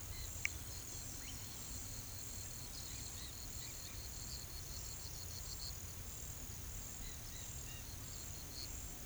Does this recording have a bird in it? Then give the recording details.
yes. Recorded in pastures near Puerto Asís, Putumayo, Colombia, on 18 December 2024 at 12:30. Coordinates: 0.486, -76.323. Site GP01